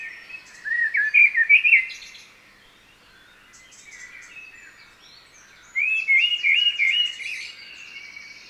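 Common blackbird song: two warbled fluting phrases separated by a quiet gap, each ending in thin high twittering notes.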